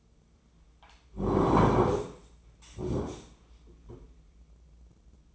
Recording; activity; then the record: daily activity, microphone in the room; sit down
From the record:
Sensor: 1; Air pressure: 996.0 hPa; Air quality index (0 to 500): 236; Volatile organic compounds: 1000 ppm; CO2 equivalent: 6892 ppm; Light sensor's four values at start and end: 34/82/36/43 and 35/87/37/45